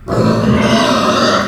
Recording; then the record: squeal of a Yucatan mini pig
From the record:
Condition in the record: after surgery on the right vocal fold (resection and tissue-engineered implant); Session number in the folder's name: 13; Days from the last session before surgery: 113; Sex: female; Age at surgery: 19 weeks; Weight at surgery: 25 kg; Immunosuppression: prednisolone